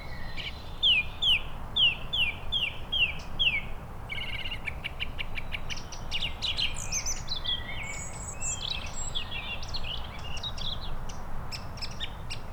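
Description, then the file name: Song thrush singing: a clear down-slurred note repeated several times in a run, then a rapid burst of varied, scratchy high notes and trills over steady low background noise. Recorded at Saint-Pierre-Quiberon on 7 April 2017. "Turdus-philomelos Saint-Pierre-Quiberon 20170407"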